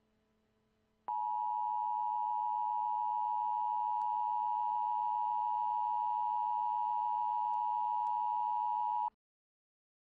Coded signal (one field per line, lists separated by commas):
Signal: Emergency Alert System (SAME) tones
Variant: 853 and 960 Hz attention tone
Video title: EAS Scenario: Squall Line Catastrophe - Part 1